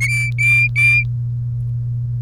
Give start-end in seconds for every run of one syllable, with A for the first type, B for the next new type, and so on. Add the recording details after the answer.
0.01-1.04 A. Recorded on 1 May 2018 at 13:00. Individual llb3